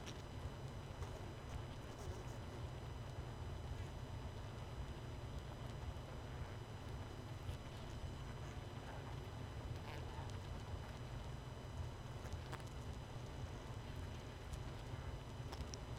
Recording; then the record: honeybee colony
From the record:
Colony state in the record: missing queen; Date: 31 May 2018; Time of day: 20:32